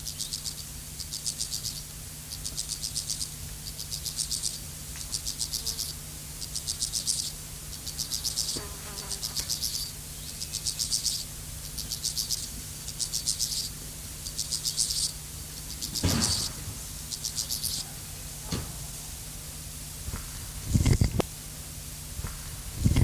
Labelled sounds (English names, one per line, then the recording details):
Steppe Grasshopper
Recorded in the wild
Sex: male
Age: imago
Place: Bogensee, Barnim, Brandenburg, DE
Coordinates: 52.7714, 13.5294
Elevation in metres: 60
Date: 2003-08-06 17:00
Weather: sonnig, 31°C
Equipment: Fair Mate ST-1328 (Asahi Electronics, Japan), Sennheiser ME 80, Kopie Uher 4000 Report Monitor
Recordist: Tembrock, Günter